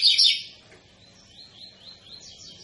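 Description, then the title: Double-collared seedeater song opening with a loud, dense chattering burst, then a series of soft, high notes. Tui-tui style song of a spirited ('fibra') bird, used as a teaching song for young birds. "COLEIRO TUI TUI FIBRA"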